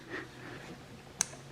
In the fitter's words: there that's clicked in